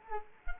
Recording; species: mosquito wingbeat signal from an infrared sensor; Culex quinquefasciatus